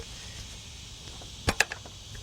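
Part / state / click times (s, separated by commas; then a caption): bolt in engine timing cover threads / stripped / 1.5 s, 1.6 s, 1.7 s. A bolt in the upper front timing cover of a 1997 Mercedes-Benz E320 (W210, 3.2) is tightened with a ratchet. Against a faint steady hiss, three short, sharp snaps come at 1.5, 1.6 and 1.7 seconds. The bolt thread has stripped out.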